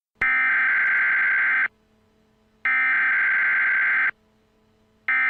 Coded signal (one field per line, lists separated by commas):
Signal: Emergency Alert System (SAME) tones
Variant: header bursts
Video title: Arrowverse EAS 1: Flash 1.01